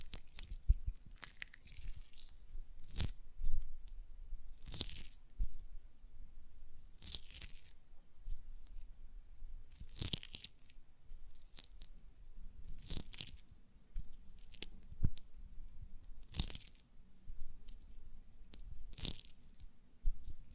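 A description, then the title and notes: Hands work a gel lotion, making a run of sticky, crackling squelches that come every two to three seconds, each a short bright burst with wet clicks. Between them sits a quiet low hum. ASMR Gel Lotion Hand Sounds (No Talking).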